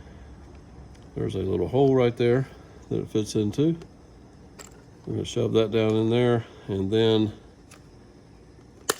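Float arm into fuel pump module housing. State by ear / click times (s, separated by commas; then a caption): seated / 8.9 s. The float arm of a new fuel pump module for a 2009 Nissan Altima is shoved down into its small hole in the plastic pump housing while someone talks. A sharp snap at 8.9 s marks the float arm seating in place.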